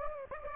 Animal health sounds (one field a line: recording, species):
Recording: mosquito wingbeat signal from an infrared sensor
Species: Anopheles gambiae